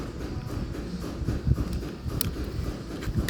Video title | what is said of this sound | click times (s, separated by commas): ford flex rear windshield wiper install. | So it clicks together. | 2.2 s, 3.3 s